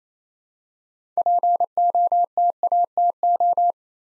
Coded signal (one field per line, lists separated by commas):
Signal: Morse code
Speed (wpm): 27 wpm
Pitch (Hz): 700 Hz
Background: none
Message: POTATO